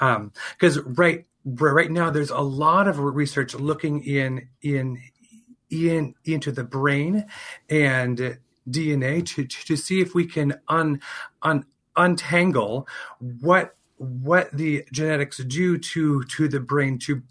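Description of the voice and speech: Adult man speaking with repeated sounds and words, prolongations and silent blocks: persistent developmental stuttering, present since about age three and continuing into adulthood; he had therapy as a child and stutters openly.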